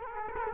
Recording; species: mosquito wingbeat signal from an infrared sensor; Culex quinquefasciatus